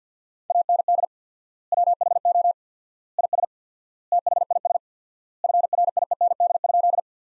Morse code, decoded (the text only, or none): AND WHO IS THIS FRIEND?